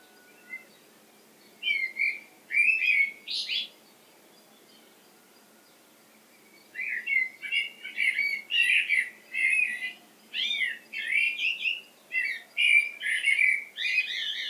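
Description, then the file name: Common blackbird giving a short run of chattering notes, then after a pause a longer, busier series of squeaky, warbled phrases with thin high squeals. "Turdus merula"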